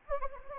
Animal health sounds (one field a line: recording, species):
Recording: mosquito wingbeat signal from an infrared sensor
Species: Anopheles gambiae